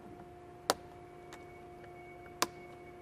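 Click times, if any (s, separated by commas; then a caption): 0.7 s, 2.4 s. Small plastic bolt covers are snapped back over the A-pillar bolts on the A-pillar trim of a 2003-2009 3rd Gen RAM 1500/2500/3500 during a cab lights retrofit. Two sharp clicks are heard at 0.7 s and 2.4 s, with a faint tick around 1.3 s and a steady background hum. Both covers seat back into position.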